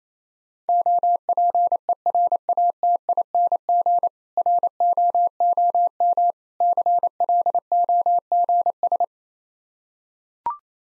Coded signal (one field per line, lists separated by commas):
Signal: Morse code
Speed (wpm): 28 wpm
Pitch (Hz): 700 Hz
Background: none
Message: OPERATING ROOM CLOGS